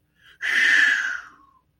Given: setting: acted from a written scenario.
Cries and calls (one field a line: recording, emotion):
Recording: vocal sound without words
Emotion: relief